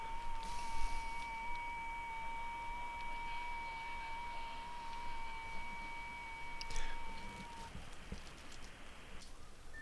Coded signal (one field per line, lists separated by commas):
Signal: FT8